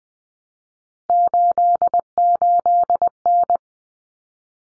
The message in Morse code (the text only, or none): 88N